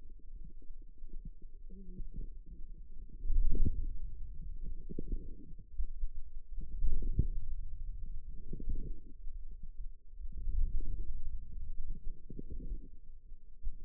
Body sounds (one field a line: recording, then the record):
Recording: forearm muscle sounds (acoustic myography)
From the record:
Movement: wrist flexion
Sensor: system 2, bracelet of six BSWA MPA416 microphones around the upper forearm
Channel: 4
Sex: female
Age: 21 years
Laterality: right